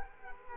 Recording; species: mosquito wingbeat signal from an infrared sensor; Culex quinquefasciatus